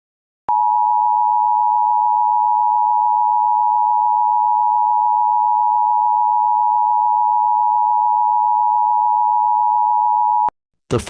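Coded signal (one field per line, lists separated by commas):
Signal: Emergency Alert System (SAME) tones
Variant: 853 and 960 Hz attention tone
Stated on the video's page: Fictional EAS scenario about Pac-Man eating people.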